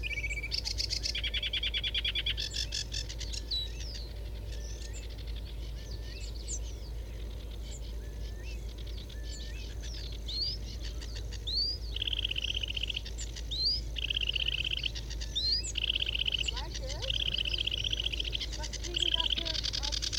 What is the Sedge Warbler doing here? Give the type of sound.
song